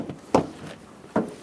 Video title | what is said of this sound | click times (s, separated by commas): How to Replace Headlight Assemblies 2003-2009 Dodge Ram 2500 HD | Once you think it's lined up, press it on. It should snap right into place, which it did. | 0.3 s